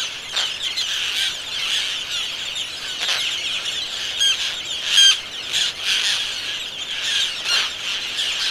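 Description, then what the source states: Roseate tern chorus of rasping, overlapping calls, with a few clearer sharp cries near the middle and steady calling throughout. General vocalizations of a seabird.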